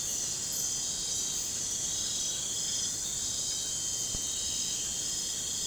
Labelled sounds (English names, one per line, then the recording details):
none
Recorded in pastures near Puerto Asís, Putumayo, Colombia, on 21 December 2024 at 02:30
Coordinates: 0.466, -76.322
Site G040